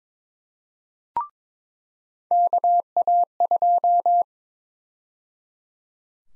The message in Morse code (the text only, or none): KA2